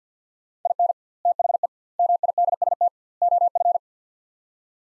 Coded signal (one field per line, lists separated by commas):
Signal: Morse code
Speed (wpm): 50 wpm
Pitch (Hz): 700 Hz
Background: none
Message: IN THE MIDST OF